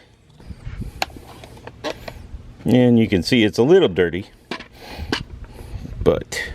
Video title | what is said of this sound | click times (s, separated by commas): 2019 F250 Diesel 6.7 Fuel Filter Replacement - The Messy _What to Watch For!! | let's see if i can get it to come out you heard a click | 1.0 s